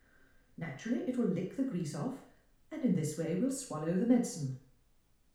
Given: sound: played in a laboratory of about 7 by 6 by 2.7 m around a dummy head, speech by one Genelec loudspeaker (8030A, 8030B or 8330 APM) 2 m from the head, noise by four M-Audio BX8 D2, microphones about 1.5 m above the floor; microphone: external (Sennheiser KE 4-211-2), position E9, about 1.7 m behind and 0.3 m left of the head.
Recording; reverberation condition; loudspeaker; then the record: female speech in English; medium; 120 degrees to the left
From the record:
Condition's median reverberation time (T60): about 510 ms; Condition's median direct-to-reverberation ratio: about -0.5 dB